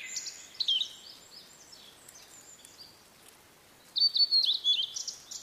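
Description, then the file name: Blue-and-white flycatcher song: short high whistles, a long quiet stretch, then a fresh phrase of clipped whistled notes. "oruri"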